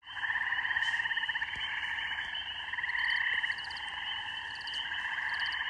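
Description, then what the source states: Spring peeper: frog chorus of dense, continuous trilling and peeping in several overlapping bands, with brief louder pulsed bursts rising above the steady background. Mating song of spring peepers with other frogs; rural beaver pond, evening, recorded on an iPhone.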